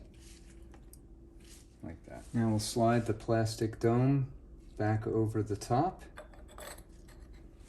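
A plastic dome is slid back over the top of a faucet's pivot mechanism, with soft rubbing and a few small clicks and taps around the talk while someone talks. The dome has not yet been pushed down and has not clicked into place.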